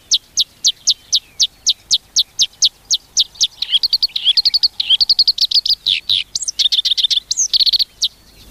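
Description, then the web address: Black-browed reed warbler song: a run of evenly spaced high chips that speeds into a rapid, scratchy chatter of mixed notes. "sikioto. koyoshikiri"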